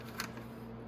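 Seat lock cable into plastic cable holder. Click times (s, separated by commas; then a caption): 0.2 s. The seat lock cable of a Venom X22GT 250cc automatic motorcycle is pressed down into a small plastic cable holder on the frame. A single sharp click sounds at 0.2 s over a steady low background hum. The cable is seated in the holder.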